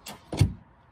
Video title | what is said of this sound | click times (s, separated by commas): 2022 & 2023 Lexus GX Full Tutorial - Deep Dive | lift up and click | 0.1 s